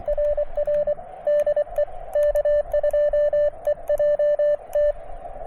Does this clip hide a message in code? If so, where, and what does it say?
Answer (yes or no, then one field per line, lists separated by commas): yes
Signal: Morse code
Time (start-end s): 0.1-4.9 s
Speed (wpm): 24 wpm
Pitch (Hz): 590 Hz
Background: radio noise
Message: RR DE K2EJT